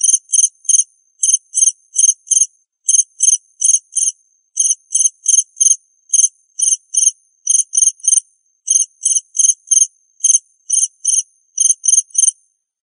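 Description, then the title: Cricket chirping continuously, high and dry, in short pulses grouped loosely in threes and fours. "suara Hujan Guntur Suara Jangkrik Dan Burung"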